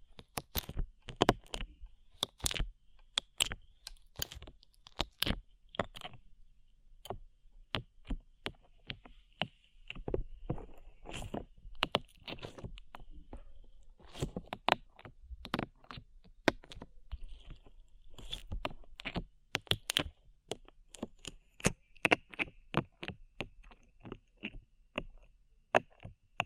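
Sticky slime being squished and pulled, making a dense, irregular stream of sharp wet clicks and pops. The snaps come several per second with no steady rhythm, some louder than others, over a faint thin hiss that runs under them throughout.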